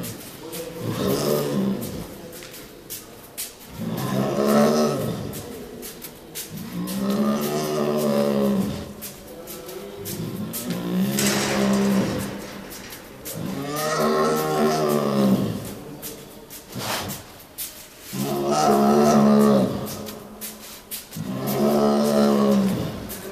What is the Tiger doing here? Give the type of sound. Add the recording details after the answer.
growling. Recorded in captivity. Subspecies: tigris. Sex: male. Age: adult. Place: Tierpark Berlin, Berlin, DE. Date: 1997-01-12 12:33. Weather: wolkig bis heiter, -5°C. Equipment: Nagra SN, Kopie Uher 4000 Report Monitor. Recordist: Tembrock, Günter